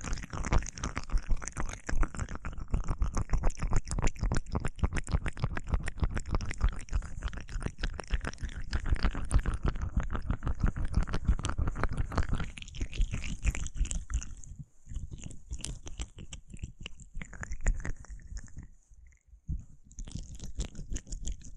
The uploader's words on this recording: ASMR Aloe Gel Ear Massage for Pure Relaxation (No Talking).